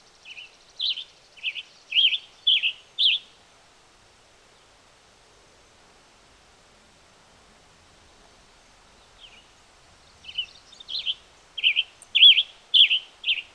Western Tanager song recorded on the Bridal Veil Falls Trail in Rocky Mountain National Park.